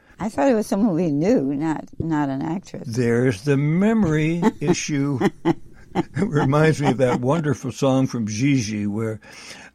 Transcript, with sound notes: I thought it was someone we knew, not, not an actress.
There's the memory issue.
(laughs)
It reminds me of that wonderful song from Gigi where,